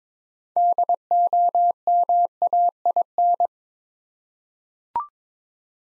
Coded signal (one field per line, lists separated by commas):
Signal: Morse code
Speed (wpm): 22 wpm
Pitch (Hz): 700 Hz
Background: none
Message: DOMAIN